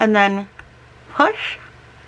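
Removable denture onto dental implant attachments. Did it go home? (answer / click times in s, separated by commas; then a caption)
no / none. Someone talks while pushing a removable implant-retained denture onto its dental implant attachments, after seating the weak side first. Speech fills the first half-second, followed by a faint tick near 0.6 s and a short breathy burst around 1.2–1.5 s. Nothing has seated or clicked yet; the clip ends just before the denture goes home.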